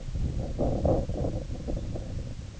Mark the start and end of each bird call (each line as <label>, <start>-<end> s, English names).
Lapland Longspur, 1.73-1.85 s